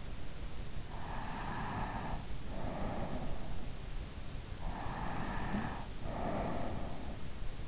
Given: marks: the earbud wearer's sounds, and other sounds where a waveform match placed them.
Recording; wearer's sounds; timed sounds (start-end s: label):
sounds in sleep by an in-ear microphone; breath
0.98-4.00 s: breath
4.58-7.68 s: breath